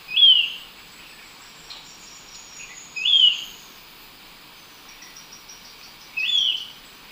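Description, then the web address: Golden-faced Tyrannulet call: a short, high slurred note repeated three times, roughly every three seconds, against constant insect buzzing. Ecuador; possibly an unnamed taxon. "Natures Songs S America Birds of Ecuador Golden-faced Tyrannulet (possible unnamed taxon)"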